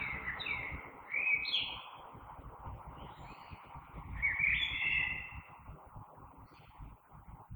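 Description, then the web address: Common blackbird song, a few warbled phrases with higher twittered tails, over faint steady background noise. Recorded 3 March 2020. "oiseaux Merle 2020 03 03"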